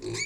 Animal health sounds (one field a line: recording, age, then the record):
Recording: pig call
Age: weaner (32 to 43 days)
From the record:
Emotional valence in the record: negative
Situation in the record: long isolation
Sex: female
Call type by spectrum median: high-frequency call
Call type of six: mixed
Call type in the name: high-frequency modulated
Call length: 0.26 s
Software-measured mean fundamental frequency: 472 Hz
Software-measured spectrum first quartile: 432 Hz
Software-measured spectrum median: 2189 Hz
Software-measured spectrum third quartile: 4133 Hz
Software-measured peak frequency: 358 Hz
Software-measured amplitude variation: 104 dB a second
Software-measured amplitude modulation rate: 17.6 a second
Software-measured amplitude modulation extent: 5.9 dB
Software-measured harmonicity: 6.7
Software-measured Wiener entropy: -3.49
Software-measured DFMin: 1391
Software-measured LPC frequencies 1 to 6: 372, 2269, 3844, 4468, 6768, 7535 Hz